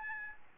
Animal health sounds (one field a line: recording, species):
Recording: mosquito wingbeat signal from an infrared sensor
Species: Aedes albopictus